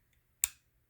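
A single sharp metallic click at 0.4 s on an 1894 Stevens Favorite lever-action single-shot rifle. Opening the lever cams the steel hammer back, and the trigger seats into the half-cock notch on the hammer. The bright click reaches high into the treble and fades within about 0.15 s, with near silence around it.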